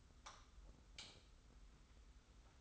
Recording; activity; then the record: daily activity, microphone in the room; light off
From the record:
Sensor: 3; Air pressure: 991.0 hPa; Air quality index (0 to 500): 114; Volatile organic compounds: 68 ppm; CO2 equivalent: 3503 ppm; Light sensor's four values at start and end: 39/95/38/36 and 36/86/35/32